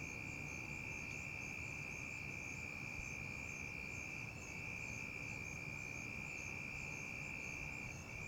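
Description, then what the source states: Cricket chorus, a steady shrill ringing held without break throughout, over broad background noise. Crickets in a tree at night.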